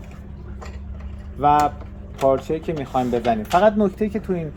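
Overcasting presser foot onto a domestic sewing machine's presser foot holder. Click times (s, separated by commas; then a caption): 0.6 s. A metal overcasting presser foot with a front blade snaps onto a domestic sewing machine's presser foot holder, giving a short click at 0.6 s as it seats. Someone then talks over a low steady hum.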